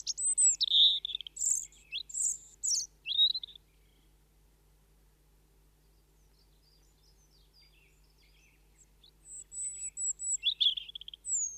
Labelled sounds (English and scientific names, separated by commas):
European Robin (Erithacus rubecula) song